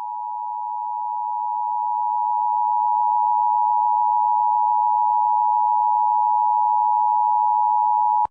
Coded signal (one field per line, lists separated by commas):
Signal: Emergency Alert System (SAME) tones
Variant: 853 and 960 Hz attention tone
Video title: EAS Required Monthly Test Illinois Statewide Test +WeatherSTAR4000 (WTMX-FM Chicago)